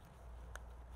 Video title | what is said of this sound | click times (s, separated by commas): M2 Turkey Vest - INSTRUCTIONS - Carl Kossuth & Aaron Warbritton go step-by-step through the M2 Vest | and I can't hardly hear that click but it's there you'll heard it | 0.6 s